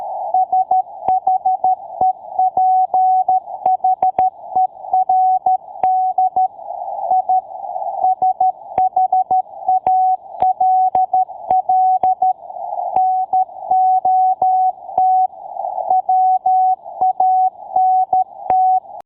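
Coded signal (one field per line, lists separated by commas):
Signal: Morse code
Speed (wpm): 13 wpm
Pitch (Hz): 750 Hz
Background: none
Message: SHEPHERD I SHALL NOT WANT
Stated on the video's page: Morse code sound effect.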